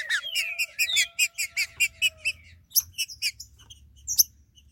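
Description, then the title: Green-winged saltator delivering a fast run of evenly spaced, ringing notes after a downward whistle, then a shorter burst of similar notes and a click. "Trinca Ferro"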